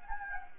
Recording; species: mosquito wingbeat signal from an infrared sensor; Anopheles gambiae